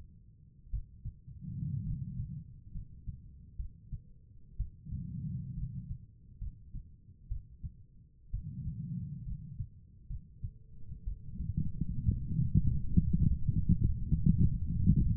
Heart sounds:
heart sounds by stethoscope; 65 bpm
0.71 s: heartbeat
1.84 s: heartbeat
2.73 s: heartbeat
3.57 s: heartbeat
4.57 s: heartbeat
5.55 s: heartbeat
6.39 s: heartbeat
7.29 s: heartbeat
8.31 s: heartbeat
9.24 s: heartbeat
10.08 s: heartbeat
11.05 s: heartbeat
12.04 s: heartbeat
12.88 s: heartbeat
13.66 s: heartbeat
14.48 s: heartbeat
From the record:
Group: healthy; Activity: rest 0-13 s, light exercise 13-15 s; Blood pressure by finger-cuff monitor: 109/69 mmHg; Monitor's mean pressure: 81 mmHg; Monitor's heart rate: 67 bpm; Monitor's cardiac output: 5 L/min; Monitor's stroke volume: 78 mL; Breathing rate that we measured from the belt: 17 breaths a minute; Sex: female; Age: 36 years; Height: 163 cm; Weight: 88 kg

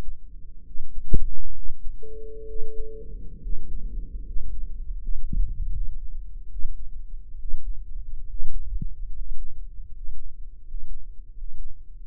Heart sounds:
heart sounds by microphone in the right ear; 74 bpm
0.64 s: heartbeat
1.52 s: heartbeat
2.45 s: heartbeat
3.40 s: heartbeat
4.23 s: heartbeat
4.98 s: heartbeat
5.71 s: heartbeat
6.49 s: heartbeat
7.37 s: heartbeat
8.26 s: heartbeat
9.11 s: heartbeat
9.88 s: heartbeat
10.62 s: heartbeat
11.31 s: heartbeat
11.98 s: heartbeat
From the record:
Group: healthy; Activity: rest 0-4 s, Valsalva maneuver 4-12 s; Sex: male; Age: 23 years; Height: 178 cm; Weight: 96.6 kg

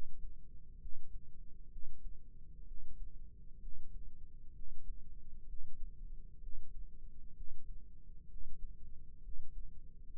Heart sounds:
heart sounds by microphone in the left ear; 64 bpm
0.78 s: heartbeat
1.69 s: heartbeat
2.65 s: heartbeat
3.59 s: heartbeat
4.53 s: heartbeat
5.46 s: heartbeat
6.40 s: heartbeat
7.34 s: heartbeat
8.27 s: heartbeat
9.21 s: heartbeat
10.13 s: heartbeat
From the record:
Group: healthy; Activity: Valsalva maneuver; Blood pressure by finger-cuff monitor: 140/66 mmHg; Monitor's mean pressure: 86 mmHg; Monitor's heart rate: 64 bpm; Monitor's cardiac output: 5.8 L/min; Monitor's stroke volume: 90 mL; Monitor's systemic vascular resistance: 1090 dyn s/cm5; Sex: female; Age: 37 years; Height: 168 cm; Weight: 70 kg

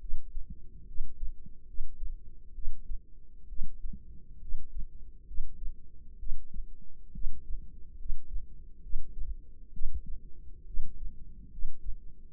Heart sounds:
heart sounds by microphone in the left ear; 68 bpm
0.86 s: heartbeat
1.65 s: heartbeat
2.53 s: heartbeat
3.47 s: heartbeat
4.39 s: heartbeat
5.25 s: heartbeat
6.18 s: heartbeat
7.12 s: heartbeat
7.97 s: heartbeat
8.81 s: heartbeat
9.72 s: heartbeat
10.65 s: heartbeat
11.49 s: heartbeat
12.31 s: heartbeat
From the record:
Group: healthy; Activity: rest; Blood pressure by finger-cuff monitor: 139/75 mmHg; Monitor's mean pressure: 97 mmHg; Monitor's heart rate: 69 bpm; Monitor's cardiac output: 6.6 L/min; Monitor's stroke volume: 97 mL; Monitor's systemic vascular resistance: 1100 dyn s/cm5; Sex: female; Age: 22 years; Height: 154 cm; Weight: 58.7 kg

